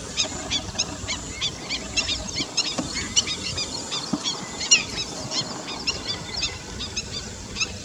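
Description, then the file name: Black-winged stilt calls, a busy flock chorus of thin, nasal yapping notes repeated several times a second without pause, with faint low background noise. "Black-winged stilt 5 alok"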